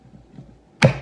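The locking handle on a plastic Tupperware microwave pressure cooker lid is pressed down over the lid after a quiet, low-level stretch. It snaps into place with a sharp, loud click at 0.8 s that rings briefly and fades. The handle is locked.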